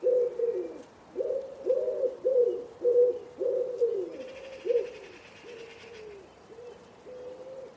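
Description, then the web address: Common Wood Pigeon song, deep muffled coos repeated in rhythmic phrases that fade toward the end, with a buzzy sound in the middle. Bird-only recording from a 2025 soundscape bird dataset. "cianscape. Deverinetal"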